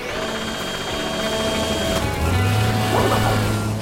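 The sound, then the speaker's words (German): A crane, set in motion by Rubble in Paw Patrol, whirs and drones steadily with a mechanical, buzzing tone, then shifts midway into a heavier, lower hum as it strains to lift a boulder, with no talking. “Während Rubble den Kran in Bewegung setzte, durchsuchte Rocky seinen Recycling-LKW.”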